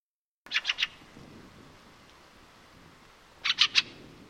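Fieldfare chuckling call, two bursts of three harsh 'chack' notes separated by a few seconds of quiet.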